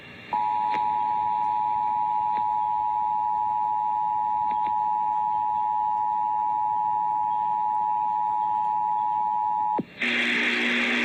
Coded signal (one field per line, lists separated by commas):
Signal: Emergency Alert System (SAME) tones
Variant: 853 and 960 Hz attention tone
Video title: May 2, 2018 EAS weather alerts (EAS #604-609)